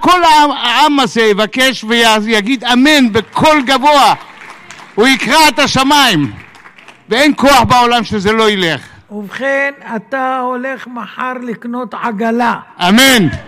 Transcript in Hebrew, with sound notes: הכל העם הזה יבקש יגיד: 'אמן!' בקול גבוה - הוא יקרע את השמים!! [הקהל מוחא כפים] ואין כוח בעולם שזה לא ילך.
ובכן אתה הולך מחר לקנות עגלה
אמן